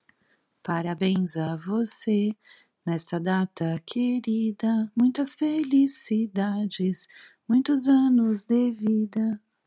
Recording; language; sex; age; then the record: short text; Brazilian Portuguese; female; 50 to 59 years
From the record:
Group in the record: control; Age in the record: 50 years